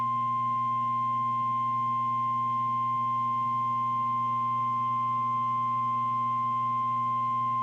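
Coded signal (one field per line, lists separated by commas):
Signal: Emergency Alert System (SAME) tones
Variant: 1050 Hz attention tone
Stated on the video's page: Real streamed double-header severe thunderstorm warning.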